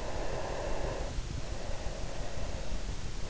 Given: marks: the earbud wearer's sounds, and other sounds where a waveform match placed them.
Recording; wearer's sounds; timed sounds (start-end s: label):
sounds in sleep by an in-ear microphone; breath
0.06-3.30 s: breath